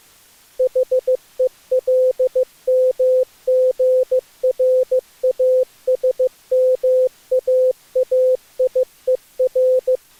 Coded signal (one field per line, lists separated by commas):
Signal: Morse code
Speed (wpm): 24 wpm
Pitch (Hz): 510 Hz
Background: none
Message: HELMGRASMAAIER